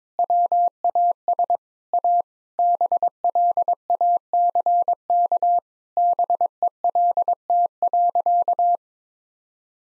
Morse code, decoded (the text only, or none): WAS A BLACK BELT.